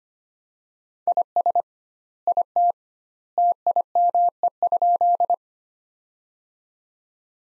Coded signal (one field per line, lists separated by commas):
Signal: Morse code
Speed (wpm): 25 wpm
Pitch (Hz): 700 Hz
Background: none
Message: IS IT TIME?